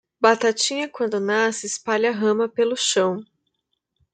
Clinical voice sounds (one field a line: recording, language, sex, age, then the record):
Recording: short text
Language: Brazilian Portuguese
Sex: female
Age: 30 to 39 years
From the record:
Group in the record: control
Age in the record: 31 years